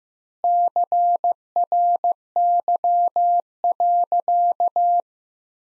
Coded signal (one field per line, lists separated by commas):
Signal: Morse code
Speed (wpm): 16 wpm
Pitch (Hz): 700 Hz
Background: none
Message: CRY.